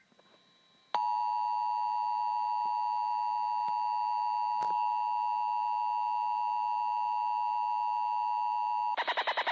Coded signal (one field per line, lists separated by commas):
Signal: Emergency Alert System (SAME) tones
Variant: 853 and 960 Hz attention tone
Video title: EAS 160 DENVER CO SNOW SQUAL WARNING